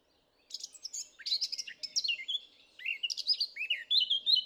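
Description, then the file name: Eurasian blackcap giving two song bursts in quick succession, each a jumble of harsh chattering notes ending in loud, clear whistles. "Sylvia atricapilla"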